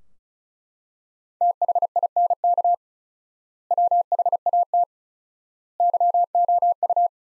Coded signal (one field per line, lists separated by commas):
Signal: Morse code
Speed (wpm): 36 wpm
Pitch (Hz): 700 Hz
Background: none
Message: THINK WHAT YOU